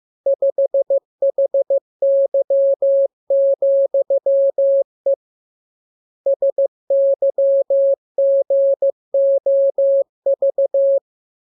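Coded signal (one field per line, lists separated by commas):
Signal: Morse code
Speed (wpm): 15 wpm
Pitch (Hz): 550 Hz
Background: none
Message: 5HY,E SYGOV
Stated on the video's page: Morse lesson radiogram practicing letters, numbers and punctuation, opened with VVV and section sign, closed with AR.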